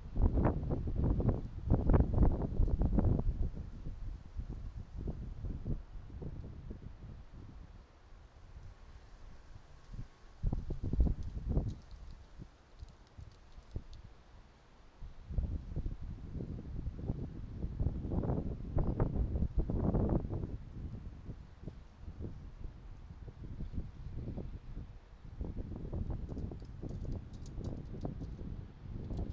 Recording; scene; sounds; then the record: everyday scene through a hearing-aid microphone; wind on the microphone; squally wind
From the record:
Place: parking lot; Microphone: in the ear canal, right